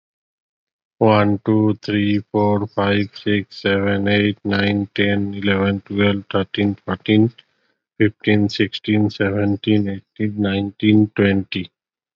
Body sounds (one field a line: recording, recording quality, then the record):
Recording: counting at a normal pace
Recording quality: excellent, no background noise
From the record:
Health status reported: healthy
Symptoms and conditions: none ticked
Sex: male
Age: 34 years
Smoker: not ticked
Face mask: not worn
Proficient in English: yes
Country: India